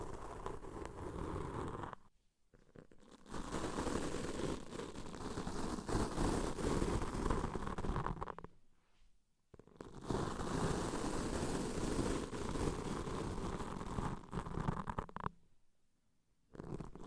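Deep ear cleaning sounds come as long, dense bursts of muffled rubbing and crackling that fill everything from low thuds to bright hiss. Three such stretches run several seconds each, broken by near-silent pauses around 2, 9 and 15 seconds.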